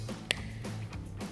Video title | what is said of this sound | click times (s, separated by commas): 2014-2021 4Runner Raxiom Axial Series LED Side Mirror Turn Signal Lights Review & Install | Push till you hear a click. | 0.3 s